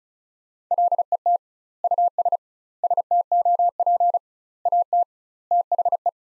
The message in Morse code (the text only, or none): LET US STOP AT THE